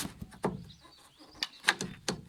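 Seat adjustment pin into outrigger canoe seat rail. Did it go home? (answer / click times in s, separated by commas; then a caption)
yes / 2.1 s. The adjustment pin on an outrigger canoe's sliding seat is pulled out and the seat slides along its rail, with sharp knocks at about 0.5, 1.4, 1.7 and 1.8 seconds. The pin drops into a hole in the rail with a click at 2.1 seconds, seating the seat in position.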